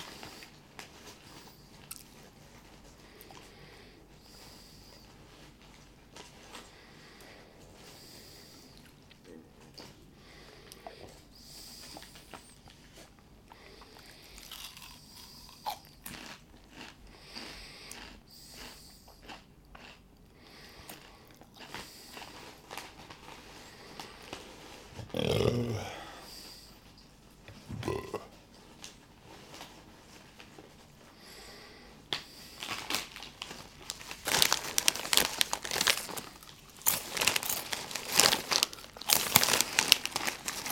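Chips and soda: for the first half, soft scattered clicks and small crunches over a low hush. Two louder, fuller bursts land around 25 and 28 seconds, then from about 33 seconds dense, bright crinkling and crunching builds and runs to the end.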